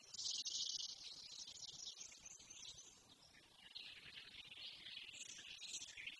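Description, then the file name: Eurasian blackcap song opening with a harsh scratchy burst, then a rambling run of quick warbled notes after a brief lull. "Sylvia atricapilla"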